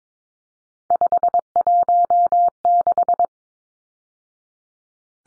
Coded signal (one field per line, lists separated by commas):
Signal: Morse code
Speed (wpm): 22 wpm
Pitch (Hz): 700 Hz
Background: none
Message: 516